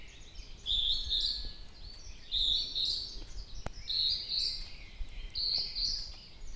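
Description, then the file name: Northern hawk-cuckoo calling: shrill, rising two-part phrases repeated about every one and a half seconds, four phrases in all, over background noise. "hawk-cuckoo-rufous Hierococcyx-hyperythrus"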